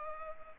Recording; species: mosquito wingbeat signal from an infrared sensor; Culex pipiens